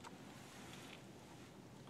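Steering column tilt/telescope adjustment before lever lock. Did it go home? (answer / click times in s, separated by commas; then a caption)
no / none. The steering column of a 2013 Accord is moved in tilt and telescope with the release lever open, before the lever is pushed forward to lock it. A steady broadband, wind-like hiss fills the clip, with two brief soft ticks near 0.1 s and 0.9 s. Nothing has locked or clicked into place yet.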